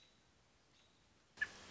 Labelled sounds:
American Robin (Turdus migratorius)
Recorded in Sonoma County, California

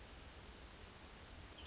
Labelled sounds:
Western Tanager (Piranga ludoviciana)
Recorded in Sonoma County, California

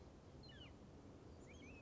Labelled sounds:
Oak Titmouse (Baeolophus inornatus)
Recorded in Sonoma County, California

